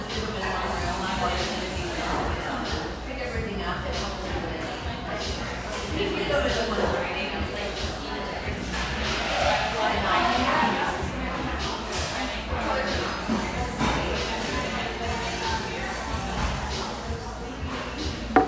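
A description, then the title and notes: Mid-morning lull in a sunlit coffeehouse: several people talk at once in a steady, overlapping murmur, with no single voice standing out for long. Small clinks and knocks pop up every few seconds, and a low hum runs underneath throughout. The coffee rush fades to a mid-morning lull in this sunlight coffeehouse, tucked behind a bakery near this coastal California paradise.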